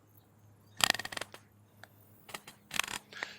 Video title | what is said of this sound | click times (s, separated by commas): Kore Essentials Gun Belts & Leather Fashion Belts | So every time it goes a quarter of an inch, it locks into place, | 0.8 s, 0.9 s, 1.2 s, 2.8 s, 3.2 s